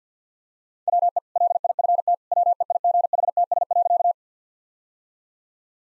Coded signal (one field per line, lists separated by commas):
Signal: Morse code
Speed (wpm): 50 wpm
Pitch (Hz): 700 Hz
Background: none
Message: WE LIFT WEIGHTS.